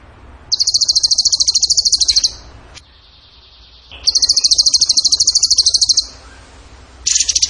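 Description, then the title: Bird delivering repeated long, rapid, shrill trills of steady pitch, each about two seconds, with a short pause between bursts and a final burst beginning. Masteran (training recording) in the tembakan gacor song style. "Masteran Burung Tembakan Gacor"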